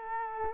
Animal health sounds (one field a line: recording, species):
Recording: mosquito wingbeat signal from an infrared sensor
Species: Culex quinquefasciatus